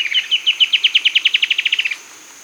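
Bird song: a rapid, even series of sharp repeated notes that stops abruptly, with a continuous high-pitched hiss.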